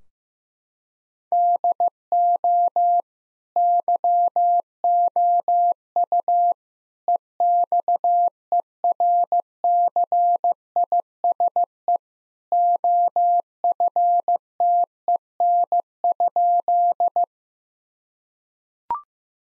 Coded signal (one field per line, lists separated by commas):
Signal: Morse code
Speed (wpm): 15 wpm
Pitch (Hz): 700 Hz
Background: none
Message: DO YOU EXERCISE OFTEN?